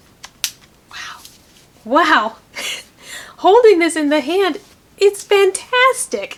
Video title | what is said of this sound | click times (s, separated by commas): Nintendo Switch Unboxing (Overview + First Impressions!) | a satisfying click that I had seen in the videos and we'll do that on the other side as well Wow | 0.4 s